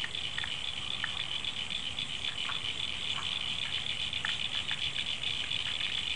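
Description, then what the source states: Frogs in full chorus, an unbroken high trill with pulsing texture and irregular short clicks scattered across the recording. Frogs calling after rain, February 2011.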